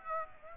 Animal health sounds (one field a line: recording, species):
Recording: mosquito wingbeat signal from an infrared sensor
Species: Aedes aegypti